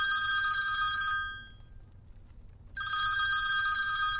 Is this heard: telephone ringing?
yes